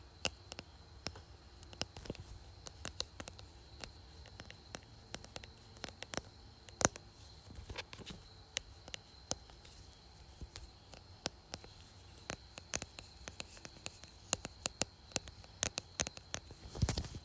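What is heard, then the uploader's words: Fingers tap a phone case and screen in quick, irregular clicks throughout, over a faint steady high whine and low hum, ending with a louder tap. ASMR Tapping Phone Case and Screen.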